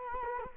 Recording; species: mosquito wingbeat signal from an infrared sensor; Culex quinquefasciatus